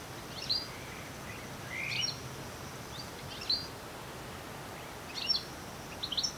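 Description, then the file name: European goldfinch giving a few scattered high, tinkling call notes, some in quick clusters, over steady background hiss. "Carduelis carduelis"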